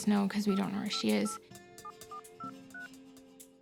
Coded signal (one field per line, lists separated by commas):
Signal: DTMF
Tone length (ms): 100 ms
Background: speech, music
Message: 587423